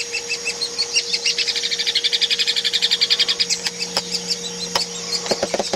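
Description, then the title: Hairy woodpecker giving quick, sharp high calls in a fast run, followed by a few clicks and knocks near the end. Compiled as masteran tutor audio for training songbirds such as oriental magpie-robin, white-rumped shama and greater green leafbird. "platuk hairy untuk kacer murai cucak hijau masteran"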